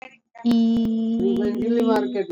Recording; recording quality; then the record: sustained vowel as in beet; moderate, slight background noise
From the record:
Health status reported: healthy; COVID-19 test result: not tested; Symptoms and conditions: none ticked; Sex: female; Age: 26 years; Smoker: not ticked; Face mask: not worn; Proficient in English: yes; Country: India